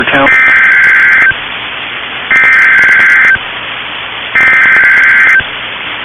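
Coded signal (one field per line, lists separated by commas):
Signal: Emergency Alert System (SAME) tones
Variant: header bursts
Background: speech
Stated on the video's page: Tornado Warning EAS tones from a station in Florence, Alabama.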